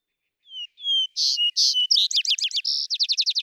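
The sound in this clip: Vesper sparrow song: soft lead-in whistles, two loud paired notes, then rapid chattering trills with a brief buzzy note midway.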